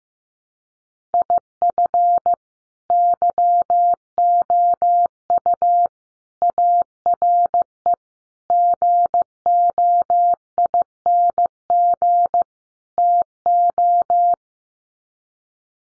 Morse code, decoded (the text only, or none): IF YOU ARE GOING TO